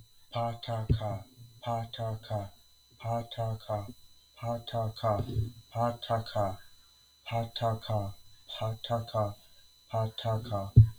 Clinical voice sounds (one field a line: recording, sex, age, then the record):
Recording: repeated syllables /pa ta ka/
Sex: male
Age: 30 to 39 years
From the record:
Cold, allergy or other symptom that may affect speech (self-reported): no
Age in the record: 36 years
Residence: Texas, United States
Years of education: 15